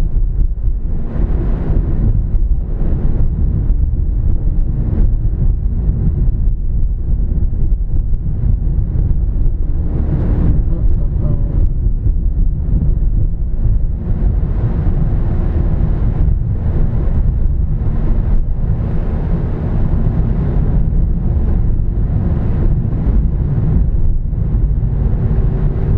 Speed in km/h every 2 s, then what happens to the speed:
24, 27, 29, 32, 31, 29, 27, 23, 23, 19, 26, 29, 24.
0-6 speeds up to 32. 6-17 slows to 19. 17-21 speeds up to 29.